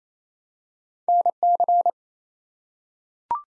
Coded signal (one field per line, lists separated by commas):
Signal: Morse code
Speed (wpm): 28 wpm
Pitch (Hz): 700 Hz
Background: none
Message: NC